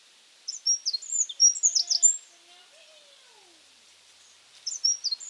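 Eurasian wren, a quick tumbling burst of high, piercing notes with faint lower whistles in the pause, then the song starts again.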